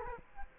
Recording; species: mosquito wingbeat signal from an infrared sensor; Culex quinquefasciatus